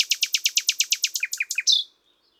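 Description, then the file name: Common nightingale song: a fast run of many sharp, repeated chirps, then three lower notes and a brief final note. "Luscinia megarhynchos"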